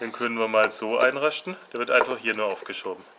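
Someone talks while the plastic switch valve of a Porsche 997-2 Carrera S engine is handled for pushing into its mount on the air filter housing in the air intake area. Nothing has seated yet, and the valve collar has not clicked home into the mount.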